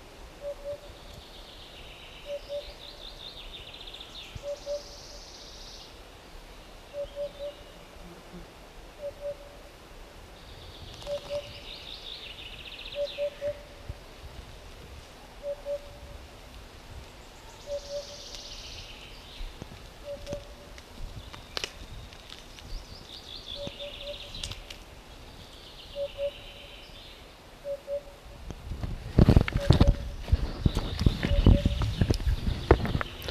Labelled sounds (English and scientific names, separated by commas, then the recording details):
Eurasian Hoopoe (Upupa epops)
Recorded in the wild
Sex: male
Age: adult
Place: Mühlenbecker Wald, Barnim, Brandenburg, DE
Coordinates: 52.7, 13.4
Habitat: mixed forest
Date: 1966-05-30 15:06
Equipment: Uher 4000 Report-S, Transistorverstärker II, Sennheiser MD 421
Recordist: Tembrock, Günter